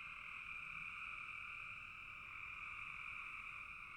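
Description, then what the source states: Many frogs calling together, producing a level, continuous buzzy trill throughout. Several frogs calling in a bog.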